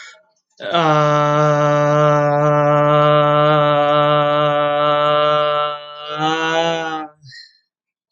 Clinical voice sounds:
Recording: vowel held as long as possible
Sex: male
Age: 20 to 29 years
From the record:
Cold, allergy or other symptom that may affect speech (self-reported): no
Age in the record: 24 years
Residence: Alabama, United States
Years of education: 20

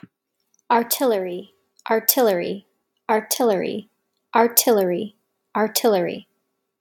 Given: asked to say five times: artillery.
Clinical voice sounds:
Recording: repeated word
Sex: female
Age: 30 to 39 years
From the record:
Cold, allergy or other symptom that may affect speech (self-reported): no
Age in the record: 33 years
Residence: New York, United States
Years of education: 17

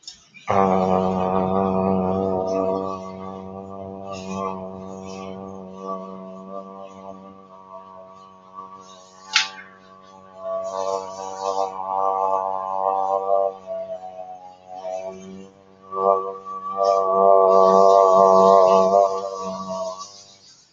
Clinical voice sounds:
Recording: vowel held as long as possible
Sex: male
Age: 30 to 39 years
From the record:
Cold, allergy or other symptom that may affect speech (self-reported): no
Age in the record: 35 years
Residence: Ohio, United States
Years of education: 16

